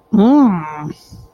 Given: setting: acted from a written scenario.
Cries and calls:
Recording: vocal sound without words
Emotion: disgust

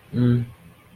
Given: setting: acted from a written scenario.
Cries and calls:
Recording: vocal sound without words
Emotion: neutral

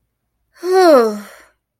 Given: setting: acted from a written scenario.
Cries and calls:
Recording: vocal sound without words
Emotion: relief

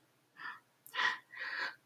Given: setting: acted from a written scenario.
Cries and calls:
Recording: vocal sound without words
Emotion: sadness

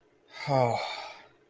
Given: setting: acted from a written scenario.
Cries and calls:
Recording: vocal sound without words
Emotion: romantic love

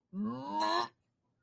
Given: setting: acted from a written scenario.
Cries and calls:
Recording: vocal sound without words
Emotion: disgust

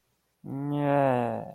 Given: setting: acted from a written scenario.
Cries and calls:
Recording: vocal sound without words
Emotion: embarrassment

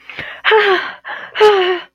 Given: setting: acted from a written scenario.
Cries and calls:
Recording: vocal sound without words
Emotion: distress

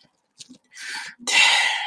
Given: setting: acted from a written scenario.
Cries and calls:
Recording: vocal sound without words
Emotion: guilt

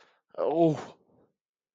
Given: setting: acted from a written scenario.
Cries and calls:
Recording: vocal sound without words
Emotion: embarrassment

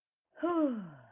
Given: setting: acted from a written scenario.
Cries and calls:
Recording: vocal sound without words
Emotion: relief

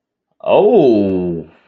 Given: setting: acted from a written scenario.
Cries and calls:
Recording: vocal sound without words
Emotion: realization

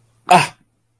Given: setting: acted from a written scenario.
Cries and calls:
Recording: vocal sound without words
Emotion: pain

